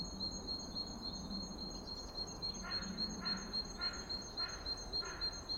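Bird calls: steady high tones run throughout, joined midway by a series of harsher, lower clucking bursts repeated about every half second.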